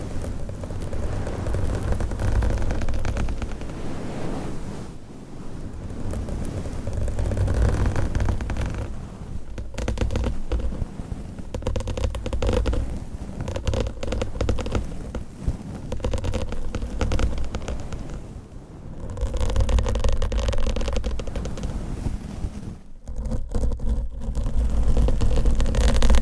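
Nails scratch and rub across a covered microphone in a continuous, dense rasp with a heavy low rumble underneath. The texture shifts every few seconds as strokes change, with brief quieter gaps near 9, 19 and 23 seconds before the scratching resumes.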